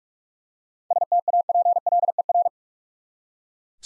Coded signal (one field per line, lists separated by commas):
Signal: Morse code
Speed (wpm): 44 wpm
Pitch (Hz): 700 Hz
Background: none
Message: STAPLER